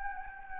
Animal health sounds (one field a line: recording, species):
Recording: mosquito wingbeat signal from an infrared sensor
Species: Anopheles gambiae